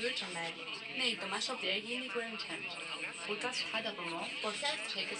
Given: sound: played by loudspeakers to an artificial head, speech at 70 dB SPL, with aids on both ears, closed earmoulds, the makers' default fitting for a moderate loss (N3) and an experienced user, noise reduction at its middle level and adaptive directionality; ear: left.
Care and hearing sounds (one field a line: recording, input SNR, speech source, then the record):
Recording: speech test signal (ISTS) in cocktail-party noise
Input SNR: +6 dB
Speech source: on the right (90 degrees)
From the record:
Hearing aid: class 2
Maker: I